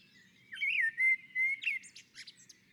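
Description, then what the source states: Common blackbird song: a drawn-out, fluty warble with gliding notes, ending in a short burst of high, squeaky chatter. Singing on a roof.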